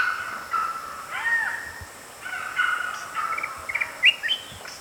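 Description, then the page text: Flame-throated bulbul song: several short warbled phrases, ending in a few higher sharp notes, over a steady background hiss. "Flame-Throated Bulbul Song. Quick Sounds"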